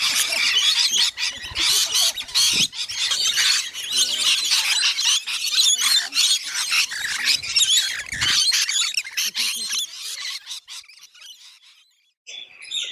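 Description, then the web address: Bird flock chattering in a dense stream of high squeaky calls for about ten seconds, then fading to near silence before one short call at the end. Recorded in Arizona. "az brid sounds"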